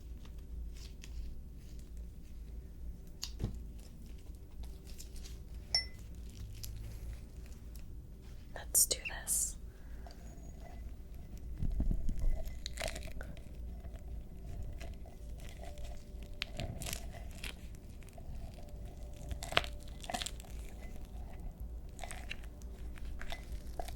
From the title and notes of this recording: ASMR MISTY WATER TRIGGERS (WET ASMR).